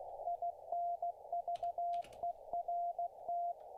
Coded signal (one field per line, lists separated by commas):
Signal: Morse code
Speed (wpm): 16 wpm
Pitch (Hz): 690 Hz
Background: radio noise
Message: INVERT